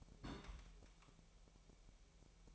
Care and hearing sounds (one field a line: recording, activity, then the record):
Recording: daily activity, microphone in the room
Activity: place on stove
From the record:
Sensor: 1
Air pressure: 1002.0 hPa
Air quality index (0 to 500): 248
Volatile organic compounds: 52 ppm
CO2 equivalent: 3324 ppm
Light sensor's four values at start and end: 6/13/5/6 and 6/13/5/6